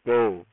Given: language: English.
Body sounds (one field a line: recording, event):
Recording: throat vibration sensor signal played as sound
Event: speech